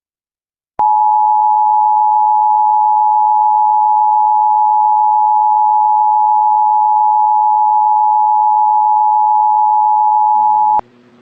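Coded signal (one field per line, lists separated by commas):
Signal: Emergency Alert System (SAME) tones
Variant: 853 and 960 Hz attention tone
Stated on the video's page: Fictional EAS scenario remake about a blizzard; simulated alert.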